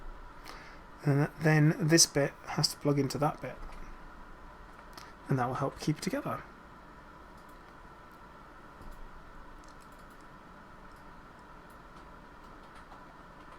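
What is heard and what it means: A plastic part of a model robot kit is handled and lined up to plug into a mating kit part while someone talks, with faint handling taps around 0.5 and 5.0 seconds. The clip ends just before the part goes home, so nothing has seated or clicked yet.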